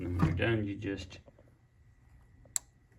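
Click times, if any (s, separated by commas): 2.6 s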